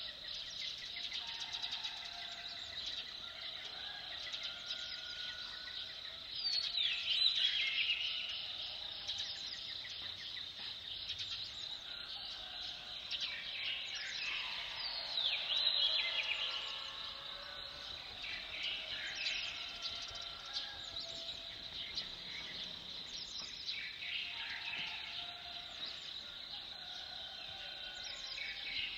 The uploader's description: the sounds of birds and insects and human started activity in the the kitchen